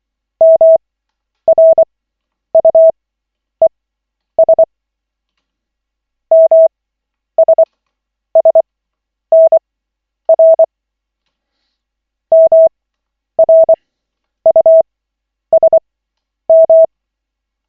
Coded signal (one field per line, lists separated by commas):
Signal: Morse code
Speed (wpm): 25 wpm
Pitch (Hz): 650 Hz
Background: none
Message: MRUES MSSNR MRUSM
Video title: Koch 7/40, 03.01.2025, 1st CW practice session